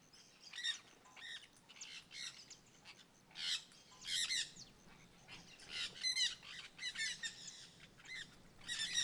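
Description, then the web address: Jandaya parakeet calling repeatedly with harsh, buzzy squawks in irregular bursts throughout, some doubled or tripled, over a faint low hum. Singing in forest. "Jandaia verdadeira cantando na mata. terra ronca"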